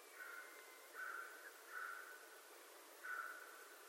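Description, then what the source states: American crow giving four faint harsh caws spaced irregularly over a few seconds against a steady hiss. Recorded 25 November 2011.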